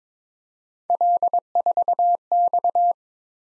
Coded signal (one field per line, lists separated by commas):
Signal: Morse code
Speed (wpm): 22 wpm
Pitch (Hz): 700 Hz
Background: none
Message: L4X